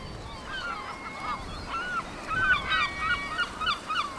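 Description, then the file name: Seabirds calling, a looser series of harsh, arched calls growing busier and louder in the second half, with a faint steady hiss beneath. Seabirds at Cap Fréhel. "oiseaux marins au cap frehel"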